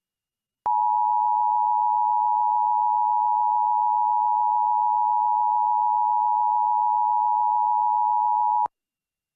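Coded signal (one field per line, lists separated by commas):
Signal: Emergency Alert System (SAME) tones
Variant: 853 and 960 Hz attention tone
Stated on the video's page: Mock EAS alert, a simulated recreation rather than a real broadcast.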